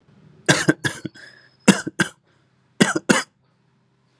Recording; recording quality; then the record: shallow voluntary cough; excellent, no background noise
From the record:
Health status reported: recovered from COVID-19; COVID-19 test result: negative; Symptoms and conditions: none ticked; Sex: male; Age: 26 years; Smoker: not ticked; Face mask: not worn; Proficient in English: yes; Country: India